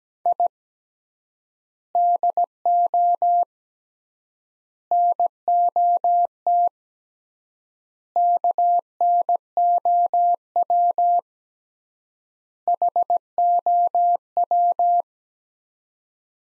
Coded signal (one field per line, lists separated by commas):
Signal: Morse code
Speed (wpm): 17 wpm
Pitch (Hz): 700 Hz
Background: none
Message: I DO NOT KNOW HOW